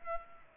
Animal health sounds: mosquito wingbeat signal from an infrared sensor; Culex pipiens

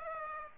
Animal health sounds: mosquito wingbeat signal from an infrared sensor; Aedes aegypti

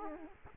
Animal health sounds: mosquito wingbeat signal from an infrared sensor; Aedes aegypti

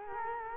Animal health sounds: mosquito wingbeat signal from an infrared sensor; Culex quinquefasciatus

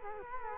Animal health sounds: mosquito wingbeat signal from an infrared sensor; Culex quinquefasciatus

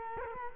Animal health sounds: mosquito wingbeat signal from an infrared sensor; Culex quinquefasciatus

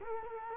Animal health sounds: mosquito wingbeat signal from an infrared sensor; Culex quinquefasciatus

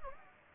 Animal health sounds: mosquito wingbeat signal from an infrared sensor; Anopheles gambiae

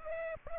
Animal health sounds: mosquito wingbeat signal from an infrared sensor; Culex pipiens

